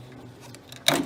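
A relief valve part is pressed down into a fitting on a water treatment unit. After a quiet, low-level stretch, a sharp, loud pop at 0.9 s marks the valve part seating.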